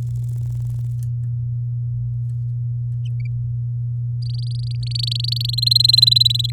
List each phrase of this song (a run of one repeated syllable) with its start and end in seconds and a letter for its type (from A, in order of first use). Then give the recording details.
4.22-5.50 A, 5.53-6.50 B. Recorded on 6 May 2018 at 06:15. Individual llb16